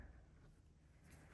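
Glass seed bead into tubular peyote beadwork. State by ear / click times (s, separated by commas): not seated / none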